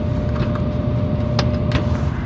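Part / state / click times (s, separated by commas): air filter into the air handler filter slot / seated / 1.4 s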